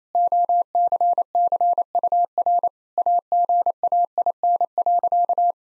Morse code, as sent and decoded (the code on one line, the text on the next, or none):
--- -.-. -.-. ..- .-. / .- --. .- .. -. .-.-.-
OCCUR AGAIN.